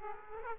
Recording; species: mosquito wingbeat signal from an infrared sensor; Aedes aegypti